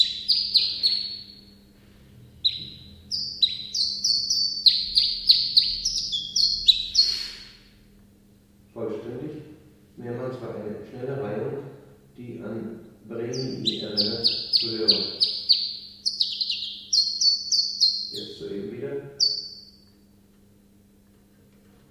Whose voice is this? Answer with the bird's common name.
Common Chiffchaff